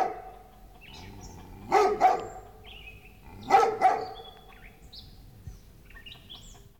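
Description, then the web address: Dog giving two pairs of barks about two seconds apart, while birds chirp. Large dog barking in the distance in a residential area, with birds in the background. "dog large barking animal barking in distance residential animal barking birds in bg animal"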